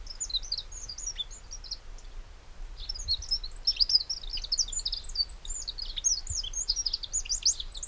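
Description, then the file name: Eurasian wren song: dense, very high, rapid ticking and trilling notes, briefly pausing, then a louder, faster run of chattering phrases over faint background noise. "Troglodytes troglodytes"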